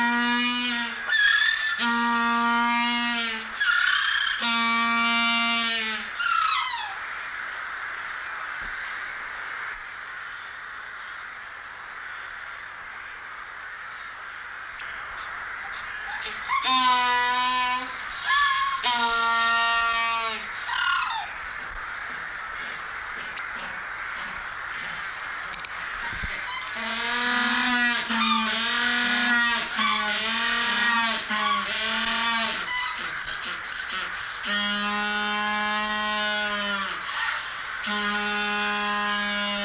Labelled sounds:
Humboldt Penguin call
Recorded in captivity
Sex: diverse
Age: adult
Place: Tiergarten Schönbrunn, Wien, AT
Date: 1999-11-10 17:00
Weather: bedeckt, ca. 5°C
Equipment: Sony WM-D6C, Sennheiser ME 80, Kopie Uher 4000 Report Monitor
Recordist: Tembrock, Günter

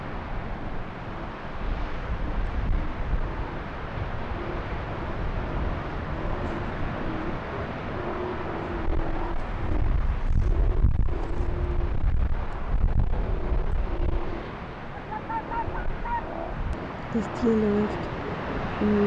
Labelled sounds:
Arctic Fox
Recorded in the wild
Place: Insel Mednyi, Kommandeur-Inseln, RU
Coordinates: 54.5167, 168.083
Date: 1999-07-05 16:15
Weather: Nebel, 8°C
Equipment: Sony WM-D6C, Sennheiser ME 80, K 30 AV, Filter, Windkorb, Kopie Tascam DA 30
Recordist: Jakupi, Antje
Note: Südosten der Insel, Geröllfeld: Unbekanntes Tier bellt im Geröllfeld. Tier nicht gesehen (schlechtes Signal-Rausch-Verhältnis - starke Windgeräusche!!!). Nach 2 Bellstrophen 1:13 min geschnitten. Tier läuft Geröllfeld nach oben

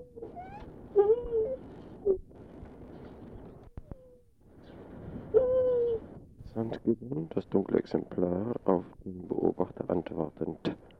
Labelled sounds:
Lar Gibbon
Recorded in captivity
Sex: pair
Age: adult
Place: Tierpark Berlin, Berlin, DE
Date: 1967-11-18
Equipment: Uher 4200 Report Stereo, Transistorverstärker II, Sennheiser MD 421
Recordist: Tembrock, Günter
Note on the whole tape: Einige Rufe des Weibchens (helleres Tier) dann Rufe des dunkleren, auf Rufe des Beobachters antwortend. Abstand ca. 4 m

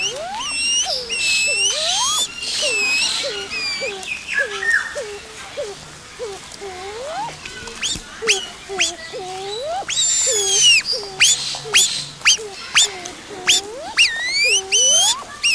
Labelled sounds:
Black Curassow call
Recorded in captivity
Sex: pair
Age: adult
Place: Zoo Berlin, Berlin, DE
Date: 2001-08-14 12:50
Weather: heiter, 24 - 26°C
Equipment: Marantz CP 130, Sennheiser MKH 416, Kopie Uher 4000 Report Monitor
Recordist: Tembrock, Günter
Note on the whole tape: Weibchen: Lautfolgen, dann auch das Männchen mit hoher Frequenz zugleich, vorher und danach das Männchen in Duckstellung und dunkle Lautfolge (Abstand 30 - 50 cm)

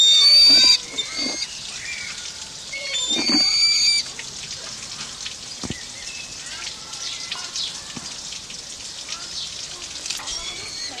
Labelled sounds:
Crested Caracara call
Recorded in captivity
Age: adult
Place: Zoo Berlin, Berlin, DE
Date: 1987-07-02 10:25
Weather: sunny, 20°C
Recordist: Tembrock, Günter

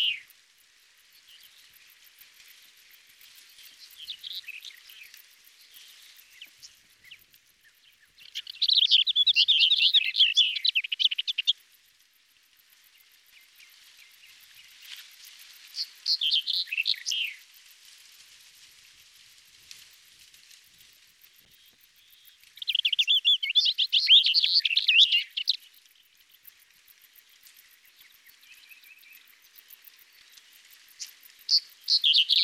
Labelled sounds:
Lesser Whitethroat song
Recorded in the wild
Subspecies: althaea
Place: Tahtakaraca-Pass 1788 m (Alexanderpass), UZ
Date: 2001-05-22
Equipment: MiniDisc Sharp MT 20 H
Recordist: Schwarz, Dieter
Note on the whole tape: Song

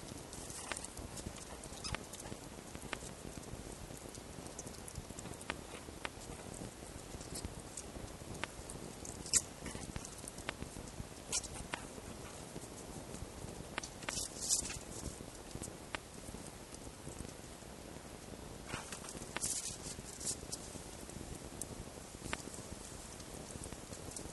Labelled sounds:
Red Fox
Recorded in captivity
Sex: male
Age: juvenile
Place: Zoologisches Institut der HUB, Berlin, DE
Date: 1955-05-11 12:45
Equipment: Elmetra
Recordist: Tembrock, Günter

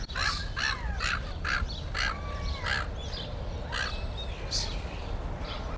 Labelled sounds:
Grey-headed Gull
Black-tailed Gull
Inca Tern
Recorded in captivity
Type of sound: call, call sequence, cry, screech
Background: Larus crassirostris, Larosterna inca
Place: Tierpark Berlin, Berlin, DE
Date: 1994-06-18 10:16
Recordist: Frommolt, Karl-Heinz
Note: Diverse Laute

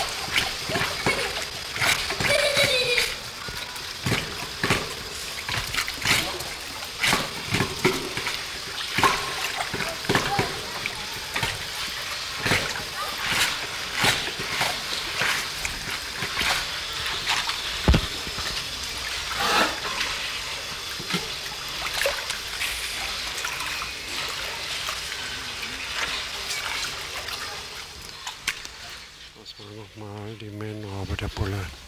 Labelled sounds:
South American Sea Lion call
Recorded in captivity
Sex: male
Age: adult
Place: Münchner Tierpark Hellabrunn, Bayern, DE
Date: 1993-09-20 12:28
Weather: 17 °C, heiter
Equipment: Marantz CP 430, Sennheiser MKH 416 T, Kopie Uher Variocord 263
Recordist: Tembrock, Günter
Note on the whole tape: Rhythmische Lautfolgen von Männchen im Liegen

